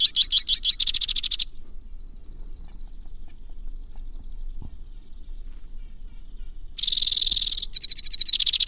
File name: suara kicauan burung white winged crossbill. omkicau